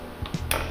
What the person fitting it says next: Yeah. That's those keys snapping back into that groove.